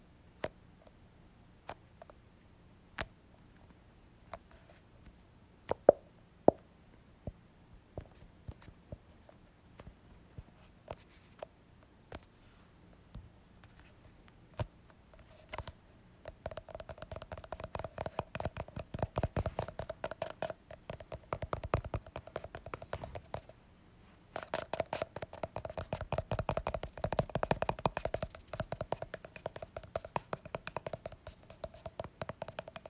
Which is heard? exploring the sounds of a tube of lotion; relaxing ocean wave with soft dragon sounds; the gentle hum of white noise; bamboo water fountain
exploring the sounds of a tube of lotion